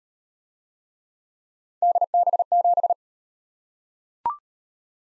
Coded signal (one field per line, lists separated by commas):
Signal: Morse code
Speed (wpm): 34 wpm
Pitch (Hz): 700 Hz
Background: none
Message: DB7